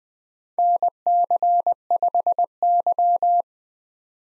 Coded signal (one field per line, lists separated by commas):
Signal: Morse code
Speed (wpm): 20 wpm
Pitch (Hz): 700 Hz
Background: none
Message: NC5Y